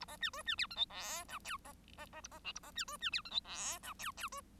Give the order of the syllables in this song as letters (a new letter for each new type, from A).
A B C D C E F G H I J B B B A B K A B C D C E F G H I J J D